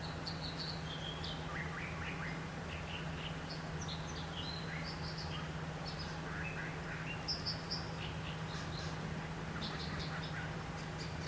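American dipper calling with thin, high chirps and brief buzzy notes in loose clusters, spaced unevenly, against a steady low rumbling background.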